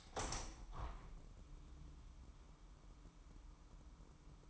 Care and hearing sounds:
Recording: daily activity, microphone in the room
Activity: open window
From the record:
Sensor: 1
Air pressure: 998.0 hPa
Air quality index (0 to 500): 130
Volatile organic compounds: 4 ppm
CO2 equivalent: 1558 ppm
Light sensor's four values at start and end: 17/56/23/23 and 17/56/23/23

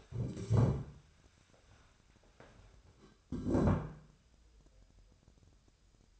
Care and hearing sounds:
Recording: daily activity, microphone in the room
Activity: stand up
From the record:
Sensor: 2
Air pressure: 1015.1 hPa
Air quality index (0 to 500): 159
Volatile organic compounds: 8 ppm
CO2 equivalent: 2058 ppm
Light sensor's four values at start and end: 12/34/13/15 and 12/33/13/14

